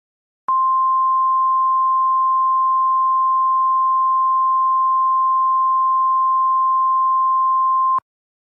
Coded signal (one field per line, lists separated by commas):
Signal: Emergency Alert System (SAME) tones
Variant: 1050 Hz attention tone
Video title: Taylor Swift Infection The EAS Scenario (#103)